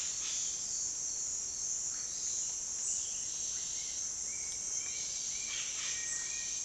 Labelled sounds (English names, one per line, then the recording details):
Bright-rumped Attila
Yellow-rumped Cacique
Cinereous Tinamou
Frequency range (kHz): Bright-rumped Attila 1.5-3.1 kHz; Yellow-rumped Cacique 0.6-6.3 kHz; Cinereous Tinamou 1.3-2.6 kHz
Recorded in dense forest near Puerto Asís, Putumayo, Colombia, on 19 February 2024 at 08:00
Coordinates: 0.466, -76.327
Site G6413